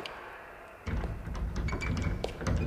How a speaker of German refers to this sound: Das ist doch nur die Terrassentür. Es ist windig draußen, da klappert sie ja